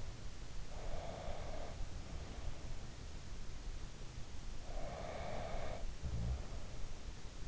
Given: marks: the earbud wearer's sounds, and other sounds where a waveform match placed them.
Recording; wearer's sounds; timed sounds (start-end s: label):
sounds in sleep by an in-ear microphone; breath
0.77-2.78 s: breath
4.71-6.66 s: breath
5.86-6.44 s: sound from someone else or the room